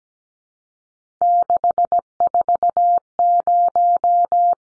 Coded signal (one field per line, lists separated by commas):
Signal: Morse code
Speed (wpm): 17 wpm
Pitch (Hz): 700 Hz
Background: none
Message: 640